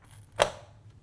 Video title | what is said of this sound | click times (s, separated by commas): Ryzen 5 1600 - $1,200 Build - Part 3 - System Build | snaps right into place just like that make sure to screw it in once | 0.4 s